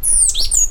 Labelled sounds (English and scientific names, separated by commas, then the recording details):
Stitchbird (Notiomystis cincta) song
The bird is a male
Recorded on Tiritiri Matangi Island, New Zealand, in 2005
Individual 2, of nest box 2